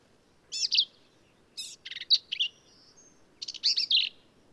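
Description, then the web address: Black-capped vireo song, quick harsh phrases mixing buzzy slurs and choppy notes, with short gaps between them. "birdsongforthecurious Black-capped Vireo"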